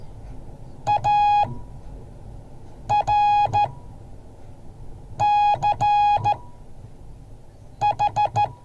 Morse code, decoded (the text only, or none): ARCH